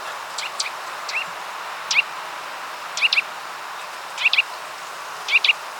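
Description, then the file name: Eurasian nuthatch giving short sharp call notes, single or doubled, about once a second, over soft steady background noise. "Sitta europaea"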